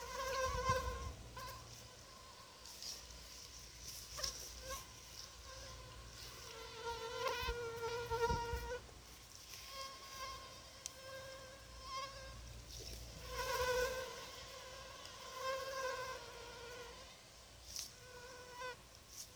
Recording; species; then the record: mosquito flight sound by mobile phone; Anopheles arabiensis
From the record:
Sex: female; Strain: Rufisque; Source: CDC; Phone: Sony Xperia